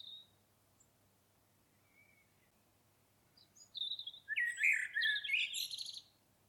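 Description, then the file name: Common blackbird song: a few faint, thin notes, then a loud, rich warbled phrase finishing in a high, twittering flourish. "Turdus merula"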